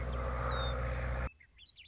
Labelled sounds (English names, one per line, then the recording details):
Western Meadowlark
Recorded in Sonoma County, California